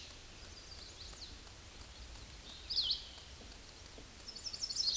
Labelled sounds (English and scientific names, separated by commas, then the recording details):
Chestnut-sided Warbler (Setophaga pensylvanica) song
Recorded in a Pennsylvania forest on 18 May 2023 at 09:05
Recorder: AudioMoth, point grid1_38_low
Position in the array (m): 146 m, 196 m